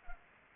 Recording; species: mosquito wingbeat signal from an infrared sensor; Anopheles arabiensis